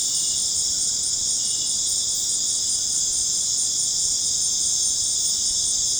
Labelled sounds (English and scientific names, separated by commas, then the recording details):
none
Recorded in dense forest near Puerto Asís, Putumayo, Colombia, on 23 June 2025 at 19:00
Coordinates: 0.486, -76.317
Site G065